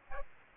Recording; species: mosquito wingbeat signal from an infrared sensor; Aedes aegypti